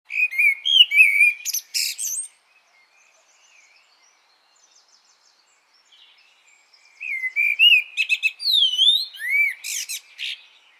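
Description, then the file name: Common blackbird sings a short fluted phrase with a high twittering end, falls silent for several seconds, then gives a longer warble with rising and falling squeaky whistles. "Turdus merula"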